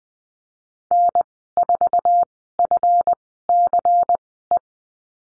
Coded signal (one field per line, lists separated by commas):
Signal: Morse code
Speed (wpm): 19 wpm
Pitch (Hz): 700 Hz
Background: none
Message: N4FCE